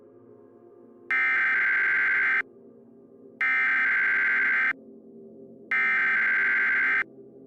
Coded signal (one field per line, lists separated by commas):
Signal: Emergency Alert System (SAME) tones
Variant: header bursts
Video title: EAS scenario - Las Vegas Enderman invasion (2016) - Part 1